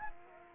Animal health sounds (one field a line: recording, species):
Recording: mosquito wingbeat signal from an infrared sensor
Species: Anopheles arabiensis